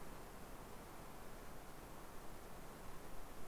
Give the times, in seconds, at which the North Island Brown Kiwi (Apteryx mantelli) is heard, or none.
none